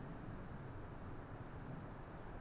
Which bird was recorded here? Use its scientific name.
Cyanistes caeruleus